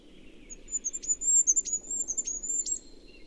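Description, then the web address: Bird calls: high, thin sibilant twittering, broken by several sharp downward-swooping notes, over a constant low rumbling hum. "Bird Only"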